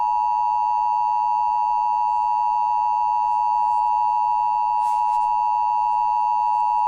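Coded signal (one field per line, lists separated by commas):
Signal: Emergency Alert System (SAME) tones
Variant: 853 and 960 Hz attention tone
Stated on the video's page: Fictional EAS scenario, not a real alert.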